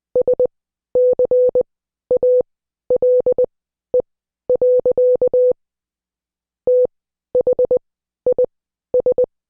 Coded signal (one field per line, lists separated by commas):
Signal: Morse code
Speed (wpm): 20 wpm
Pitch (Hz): 500 Hz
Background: none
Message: SCALE. THIS